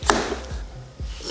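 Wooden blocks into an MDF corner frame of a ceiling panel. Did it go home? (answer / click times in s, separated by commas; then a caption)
yes / 0.1 s. A wooden support block is pushed into an MDF corner jig of a ceiling panel to hold it in place. It snaps in with a sharp, short hit at 0.1 s, followed by softer low thumps, and the block is seated.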